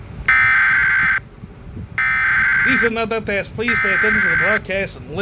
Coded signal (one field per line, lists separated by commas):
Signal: Emergency Alert System (SAME) tones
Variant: header bursts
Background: speech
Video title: (150 Subs!) | I Am Waiting For This To Be Real | Tabi Reacts To The Awakening, A Zombie EAS Scenario